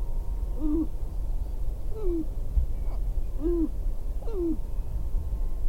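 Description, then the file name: Sharp-tailed grouse hooting calls, four short bent, dipping notes over a steady low rumble. Recorded 22 April 2005. "2005-04-22 Sharp-tailed Grouse"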